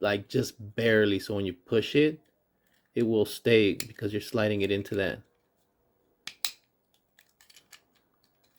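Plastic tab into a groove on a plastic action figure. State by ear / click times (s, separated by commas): seated / 6.3 s, 6.5 s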